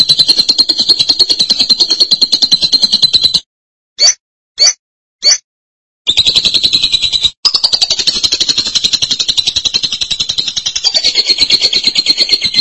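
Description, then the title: Lovebird chattering: a long rapid buzzy trill, three single sharp notes in a pause, then the dense high trill resumes. "BM Suara Burung Lovebird"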